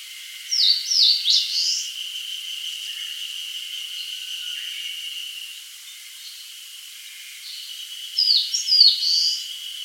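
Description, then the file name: Eastern crowned warbler phrase heard twice, each of two or three quick slurred notes ending buzzy, about seven seconds apart, over a continuous high hum. "Phylloscopus coronatus"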